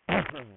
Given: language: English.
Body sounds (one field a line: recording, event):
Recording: throat vibration sensor signal played as sound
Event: throat clearing